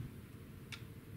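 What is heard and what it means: With both valves open, the top assembly of an EXAIR Hot Tap Digital Flowmeter is handled and pushed down toward the hot tap slider plate, where its two latches will engage. A steady low rumble runs throughout, with a single brief sharp tick around 0.7 s. Nothing has seated or clicked home yet.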